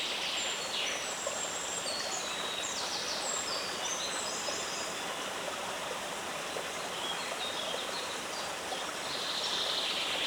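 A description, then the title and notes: A rain forest scene with a free flowing river: a dense, steady rush of water fills the whole clip at an even level. Thin, high bird chirps and insect-like trills float above it, scattered throughout and clustering near the start and end. Rain forest sleep-scape with free flowing river.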